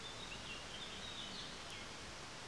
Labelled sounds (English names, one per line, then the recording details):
Eurasian Blackcap
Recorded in Germany
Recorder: ecoPi